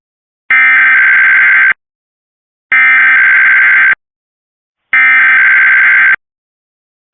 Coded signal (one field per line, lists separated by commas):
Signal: Emergency Alert System (SAME) tones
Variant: header bursts